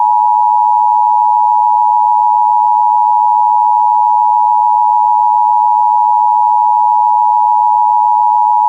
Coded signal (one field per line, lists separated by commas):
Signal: Emergency Alert System (SAME) tones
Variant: 853 and 960 Hz attention tone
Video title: 10 Minutes of An Emergency Broadcast System | Just Annoying Sounds